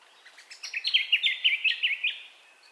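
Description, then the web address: Bird song: a quick, sweet trill of rapidly repeated high notes, lasting under two seconds, with faint chirps before it. Dawn ambience of birdcalls, recorded in stereo. "Sound Effects-Foundation Updates AMBIENCE DAWN BIRDCALLS STEREO"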